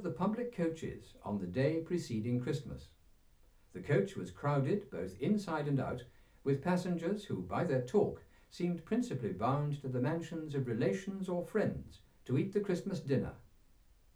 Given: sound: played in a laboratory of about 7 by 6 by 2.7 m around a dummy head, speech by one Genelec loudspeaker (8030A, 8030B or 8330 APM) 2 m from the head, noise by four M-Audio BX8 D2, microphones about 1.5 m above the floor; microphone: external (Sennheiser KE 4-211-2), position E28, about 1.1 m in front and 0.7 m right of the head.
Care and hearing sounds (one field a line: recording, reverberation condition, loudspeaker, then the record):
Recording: male speech in English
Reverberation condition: low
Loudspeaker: 120 degrees to the right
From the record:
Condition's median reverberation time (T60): about 310 ms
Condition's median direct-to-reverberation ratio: about 3.5 dB